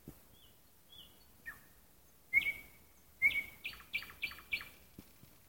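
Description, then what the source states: Nightingale song: two high whistles and a falling note, then a loud, sharp note with a long tone, followed by a series of loud, sharp repeated notes. Song heard at night in a park.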